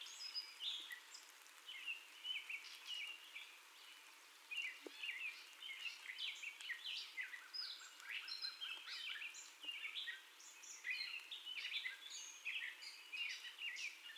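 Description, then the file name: Gray catbird singing a busy, varied medley of chirps, squeaks and scratchy notes, with a few faint low clicks beneath. First song, recorded 30 May 2021. "2021-05-30 Catbird First Song"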